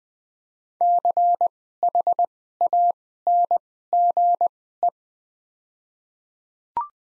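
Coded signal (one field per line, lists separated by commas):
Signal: Morse code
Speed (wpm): 20 wpm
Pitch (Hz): 700 Hz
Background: none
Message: CHANGE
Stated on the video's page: Morse practice set of top 500 words at 20 wpm with Farnsworth-style double character spacing.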